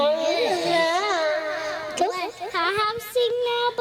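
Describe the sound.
A two-year-old toddler whines and fusses in wavering, high-pitched cries, refusing to hand a microphone to his older sister who wants to sing, while her voice overlaps. The two squabble almost nonstop in a family living room, with short breaks and a sharper outburst near the end.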